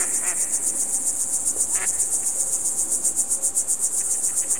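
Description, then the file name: Crickets chirping in a fast, steady, high-pitched pulsing chorus. "ducks frogs crickets"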